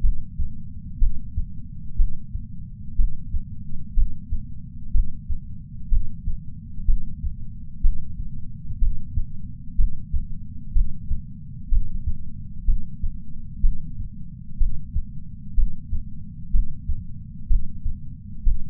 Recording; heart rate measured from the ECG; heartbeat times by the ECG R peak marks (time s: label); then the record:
heart sounds by patch sensor on the chest; 62 bpm
0.98 s: heartbeat
1.95 s: heartbeat
2.95 s: heartbeat
3.93 s: heartbeat
4.91 s: heartbeat
5.88 s: heartbeat
6.84 s: heartbeat
7.80 s: heartbeat
8.78 s: heartbeat
9.75 s: heartbeat
10.72 s: heartbeat
11.68 s: heartbeat
12.64 s: heartbeat
13.60 s: heartbeat
14.57 s: heartbeat
15.54 s: heartbeat
16.50 s: heartbeat
17.46 s: heartbeat
18.42 s: heartbeat
From the record:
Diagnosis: coronary artery disease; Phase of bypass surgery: intraoperative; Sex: male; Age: 57 years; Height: 175 cm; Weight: 71 kg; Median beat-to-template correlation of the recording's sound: 0.90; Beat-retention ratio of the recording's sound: 0.98